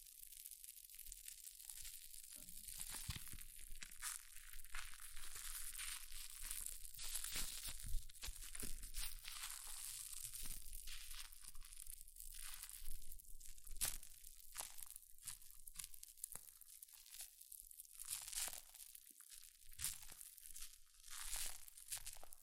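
Hair mousse fizzing and crackling in a dense, continuous hiss of tiny bright pops. The crackle stays bright and busy throughout, with short louder bursts of crunchy, crinkling texture every second or so, and no other sounds beneath it.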